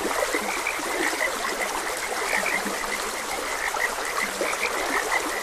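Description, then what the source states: Frogs calling constantly, frequent high chirps and a few low croaks, with gently flowing water behind them. Frogs croaking beside a gentle stream.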